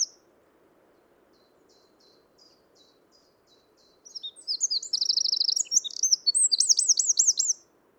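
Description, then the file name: Eurasian wren song: soft, spaced high ticking notes, then a loud burst of rapid high trills and rattling warbles for several seconds. "Troglodytes troglodytes"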